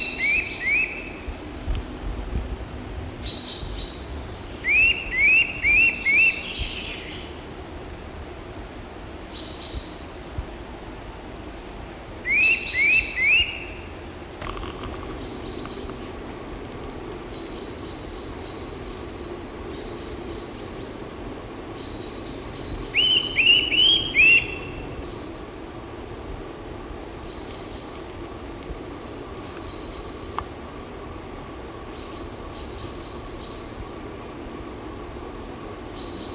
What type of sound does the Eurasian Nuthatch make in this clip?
song